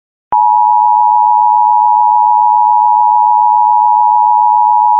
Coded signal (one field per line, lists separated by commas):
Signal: Emergency Alert System (SAME) tones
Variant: 853 and 960 Hz attention tone